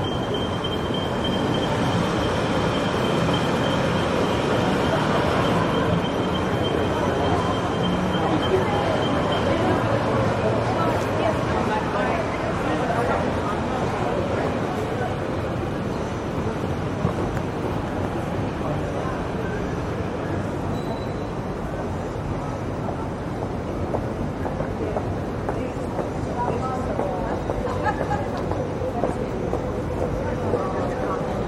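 City noise around Sydney's Town Hall: a dense, steady wash of overlapping voices and traffic rumble that holds at one level throughout. A thin high whine sounds for roughly the first ten seconds, then fades, while the chatter and passing vehicles continue.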